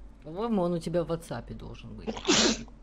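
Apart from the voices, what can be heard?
sneeze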